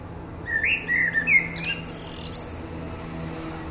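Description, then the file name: Common blackbird delivering a short fluted phrase of a few looping whistled notes, trailing off into faint high squeaks, with low steady background hum. "Turdus merula"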